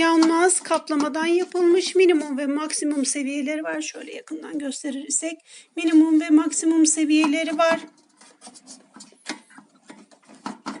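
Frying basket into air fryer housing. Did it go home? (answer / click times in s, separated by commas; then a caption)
yes / 10.5 s. Someone talks for the first eight seconds. Then the frying basket of a Tefal Mega 2 kg XXL air fryer is pushed back into the fryer body, with a few small knocks before it seats in place with a click at 10.5 s, followed by another knock at 10.7 s.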